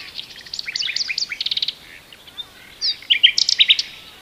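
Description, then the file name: Common nightingale song with fast staccato notes and trills, a brief pause, then loud sharp whistled notes and chattering elements. "Luscinia megarhynchos"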